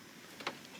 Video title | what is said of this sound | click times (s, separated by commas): Replacing the valve cover gasket on a 2008 Suzuki Reno | it'll snap right down into the hole | 0.5 s